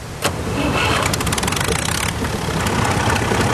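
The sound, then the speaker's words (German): A farmer's heavy tractor engine in Argentina starts with a sharp burst and then runs steadily as it begins to rain, a low rumbling drone with a rattling, pulsing texture that stays loud throughout. “Der Weg vom Haus zur Straße geht jetzt nur noch im Traktor.”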